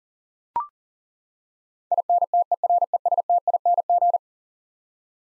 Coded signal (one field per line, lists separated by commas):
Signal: Morse code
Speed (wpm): 40 wpm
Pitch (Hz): 700 Hz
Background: none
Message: INTERESTING